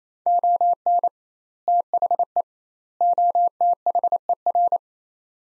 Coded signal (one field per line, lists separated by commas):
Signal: Morse code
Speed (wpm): 27 wpm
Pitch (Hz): 700 Hz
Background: none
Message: ON THE OTHER